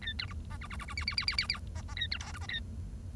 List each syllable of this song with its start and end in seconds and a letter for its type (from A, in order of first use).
0.02-0.12 A, 0.19-0.25 B, 0.28-0.33 C, 0.50-0.57 D, 0.61-0.67 E, 0.70-0.76 E, 0.79-0.85 E, 0.88-0.94 E, 0.97-1.04 F, 1.07-1.15 F, 1.17-1.25 F, 1.27-1.36 F, 1.38-1.46 F, 1.49-1.59 F, 1.75-1.81 D, 1.88-1.94 D, 1.96-2.07 A, 2.11-2.18 B, 2.20-2.32 G, 2.34-2.38 H, 2.41-2.46 D, 2.48-2.59 A